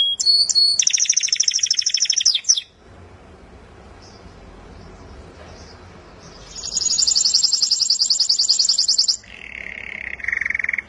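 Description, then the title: Canary song: long, fast, very high trills and buzzy rattles in sustained phrases, a quieter pause in the middle, then a lower trill near the end. Champion singer. "Kicau Burung Kenari Juara"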